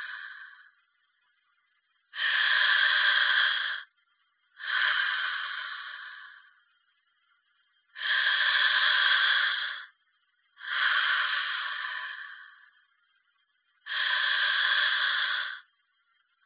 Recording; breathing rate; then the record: paced breathing near a phone; 10 breaths a minute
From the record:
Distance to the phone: 20 cm